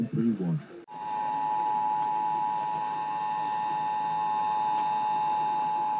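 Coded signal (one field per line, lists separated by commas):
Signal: Emergency Alert System (SAME) tones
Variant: 853 and 960 Hz attention tone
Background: speech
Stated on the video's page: Required monthly test relayed by AM broadcast stations in Chicago.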